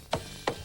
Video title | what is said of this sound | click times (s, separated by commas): May 17, 2007 | It's quite amazing because it locks into place just like that. | 0.1 s, 0.5 s